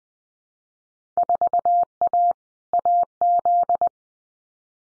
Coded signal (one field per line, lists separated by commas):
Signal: Morse code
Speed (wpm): 20 wpm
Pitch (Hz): 700 Hz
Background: none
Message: 4A AZ